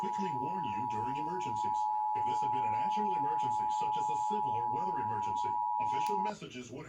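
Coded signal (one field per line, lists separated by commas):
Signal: Emergency Alert System (SAME) tones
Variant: 853 and 960 Hz attention tone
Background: speech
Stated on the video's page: Required Monthly Test received in Fredericksburg.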